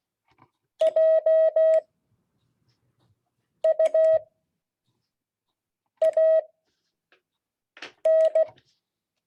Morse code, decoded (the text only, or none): JUAN